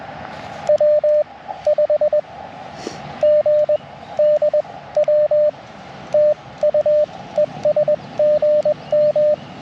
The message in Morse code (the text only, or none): W5GDW TU ES GM